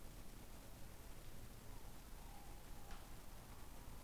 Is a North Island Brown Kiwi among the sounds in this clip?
no